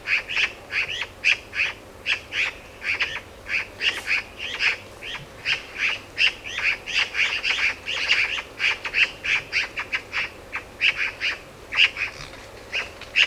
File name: Pica pica